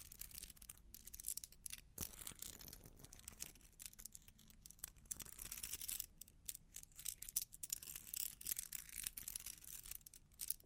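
Long claws tap and scratch in a busy, uneven stream of sharp, bright clicks and scrapes, with brief pauses scattered throughout. The ticking is dense and irregular, with a faint low rumble underneath and a louder burst near two seconds.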